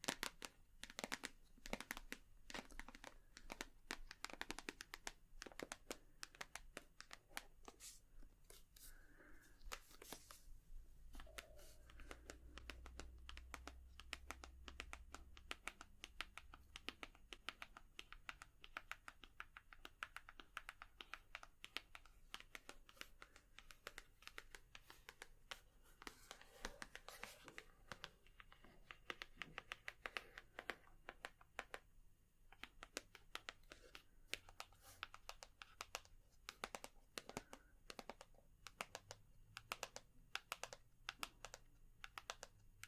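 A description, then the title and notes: Rapid tapping runs nonstop for the whole stretch, dense clusters of sharp clicks like fingers on a keyboard, with brief thinner gaps near 10 and 32 seconds. A low rumble swells around 12 to 16 seconds, and faint voice-like murmurs surface now and then beneath the taps. Tapping.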